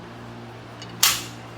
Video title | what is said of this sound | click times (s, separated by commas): DIY Custom Aluminum Grill - C6/C8 Corvette Hack | hear it click that means it released and then the piece comes out | 1.0 s